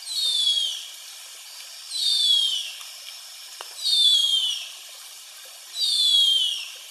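Bird song of high, thin whistles sweeping downward, four phrases repeated about every two seconds, with one short click between them.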